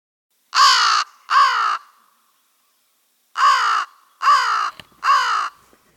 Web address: for the birds. American Crow